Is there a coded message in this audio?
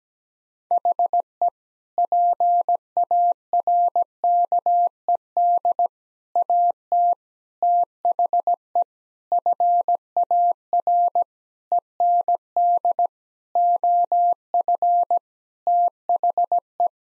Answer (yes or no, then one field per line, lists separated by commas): yes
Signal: Morse code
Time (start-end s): 0.7-16.9 s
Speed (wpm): 17 wpm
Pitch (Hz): 700 Hz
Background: none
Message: HE PARKED AT THE FAR END OF THE